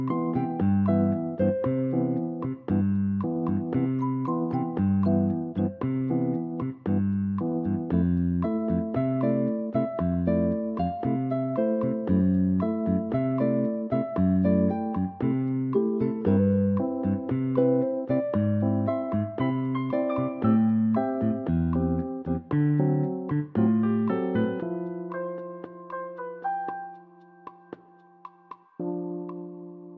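A soundtrack piece with busy, rapid notes over a steady low bass line, full and dense for most of its length. Around the 25-second mark the running figures stop and long held chords take over, thinning out and fading toward the end.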